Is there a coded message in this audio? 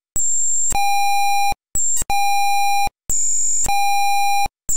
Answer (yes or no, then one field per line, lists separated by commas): no